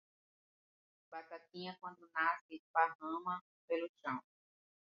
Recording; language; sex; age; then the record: short text; Brazilian Portuguese; female; 40 to 49 years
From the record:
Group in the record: control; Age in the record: 48 years